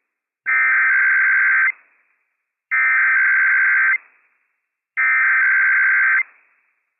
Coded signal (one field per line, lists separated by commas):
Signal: Emergency Alert System (SAME) tones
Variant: header bursts